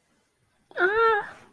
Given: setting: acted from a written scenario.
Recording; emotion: vocal sound without words; distress